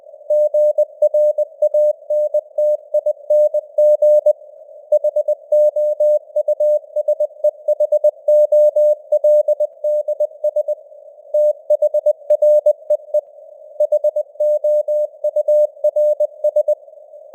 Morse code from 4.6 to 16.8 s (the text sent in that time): HOUSEHOLDS THREE HOURS